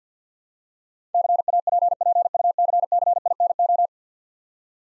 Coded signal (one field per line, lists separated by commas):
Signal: Morse code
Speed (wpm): 50 wpm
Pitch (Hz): 700 Hz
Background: none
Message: CAPPUCCINO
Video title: Easy Words with Hints - 50wpm